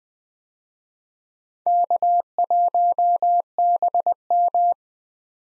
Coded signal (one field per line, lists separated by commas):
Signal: Morse code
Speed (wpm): 20 wpm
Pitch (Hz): 700 Hz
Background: none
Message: K1BM